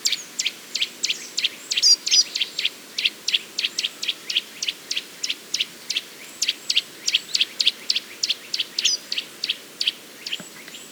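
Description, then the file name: Eurasian nuthatch calling in a fast series of short sharp notes, about three each second, continuing throughout. "Sitta europaea"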